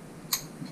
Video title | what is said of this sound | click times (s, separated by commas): F850GS Fork Rebuild - 2019 BMW | so i got a nice positive click | 0.3 s